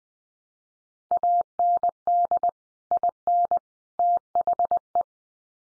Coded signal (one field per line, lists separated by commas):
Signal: Morse code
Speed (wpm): 20 wpm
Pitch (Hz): 700 Hz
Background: none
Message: AND IN THE